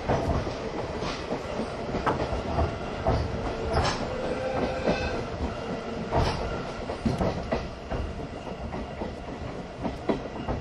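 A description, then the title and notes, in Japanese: An old passenger coach rolls along behind a locomotive with a steady low rumble, rattling and irregular rail clicks and clunks throughout. 大鐵E10形+旧型客車 大井川本線普通。往年の普通＂客車列車＂の列車走行音。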